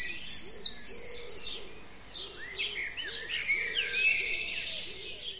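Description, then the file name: Birdsong: a quick bright trill opens, followed by overlapping high chirps and slurred whistles from several birds, with faint low repeated notes below. "zvuki peniia ptits"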